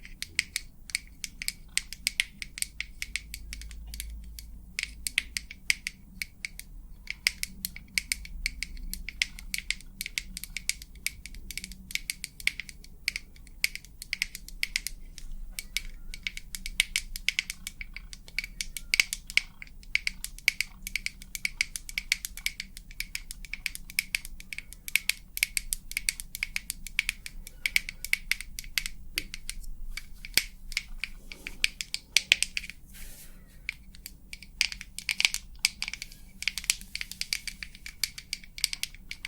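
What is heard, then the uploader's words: Tapping goes on for the whole clip, a fast, uneven stream of sharp, bright clicks that comes in dense clusters with brief gaps. Beneath it sits a low, steady hum, which grows briefly heavier around four seconds. ASMR 100% Tapping for the BEST Sleep ~ with long nails, no talking.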